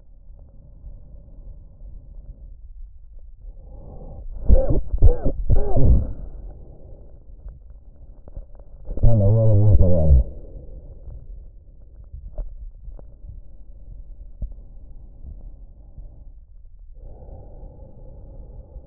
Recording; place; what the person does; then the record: lung sounds by stethoscope; trachea; quiet breathing, then cough and speech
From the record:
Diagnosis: COPD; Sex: male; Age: 60 years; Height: 171 cm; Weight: 59.4 kg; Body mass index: 20.3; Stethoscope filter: extended mode